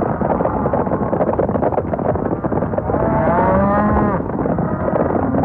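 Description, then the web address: Cattle mooing over a dense, continuous rumble of trampling hooves, with one long wavering moo standing out in the second half. Stampede. "SFXSource. Cattle Stampede 3"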